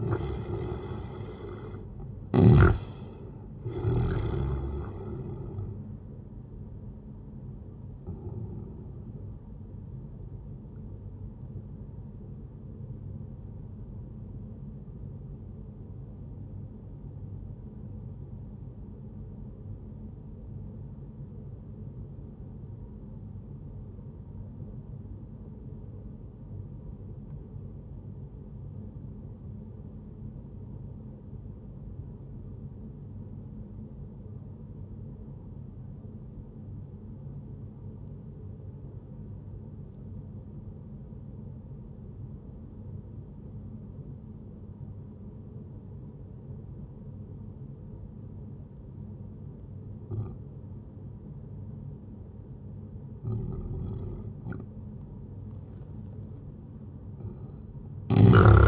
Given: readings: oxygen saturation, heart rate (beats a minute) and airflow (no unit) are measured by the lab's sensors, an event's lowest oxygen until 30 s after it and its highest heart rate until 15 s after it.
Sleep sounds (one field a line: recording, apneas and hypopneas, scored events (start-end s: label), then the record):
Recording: breathing in sleep by a smartphone at the bedside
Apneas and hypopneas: 1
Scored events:
12.00-54.00 s: obstructive apnea (N1, oxygen 97% highest, then 89% lowest, heart rate 69 at the start, 76 highest)
From the record:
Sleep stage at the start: N1 (lightest sleep)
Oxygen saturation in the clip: 88 to 97%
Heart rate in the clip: 59 to 77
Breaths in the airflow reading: 3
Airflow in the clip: -8.8 to 14.1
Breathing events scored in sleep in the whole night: 131 in 7.2 hours asleep